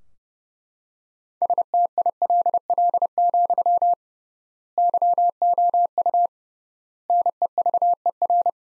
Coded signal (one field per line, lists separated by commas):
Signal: Morse code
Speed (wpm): 32 wpm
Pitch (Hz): 700 Hz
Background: none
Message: STILL, YOU NEVER